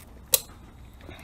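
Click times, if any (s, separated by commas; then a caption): 0.3 s. During an Airdog Raptor lift pump install on a Cummins 5.9 truck, a fuel line quick-connect fitting underneath the truck is pushed onto its port on the lift pump or fuel system. A single sharp, bright click at 0.3 s stands out against a quiet, low background hum. The connector clicks in and is seated.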